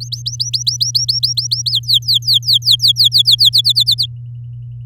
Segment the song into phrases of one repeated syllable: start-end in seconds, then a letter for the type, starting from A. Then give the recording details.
0.00-1.72 A, 1.73-3.49 B, 3.53-4.06 C. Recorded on 10 May 2018 at 14:56. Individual llb16